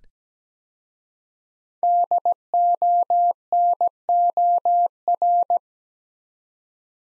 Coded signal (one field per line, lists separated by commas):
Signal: Morse code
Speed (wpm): 17 wpm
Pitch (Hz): 700 Hz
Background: none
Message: DONOR